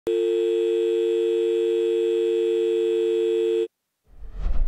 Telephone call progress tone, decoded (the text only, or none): dial tone